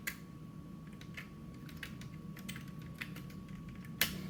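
A die-cast robot figure's head is pushed onto its neck socket, done in reverse order, with faint scattered ticks and light clicks over a low background hum. A sharp snap at 4.0 s is the loudest sound, as the head clicks into place and is seated.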